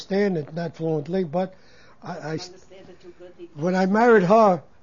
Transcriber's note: his wife speaks off-mike